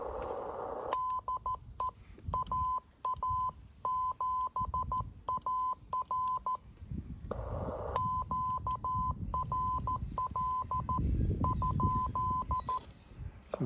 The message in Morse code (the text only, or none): DE AA7AR QRL ?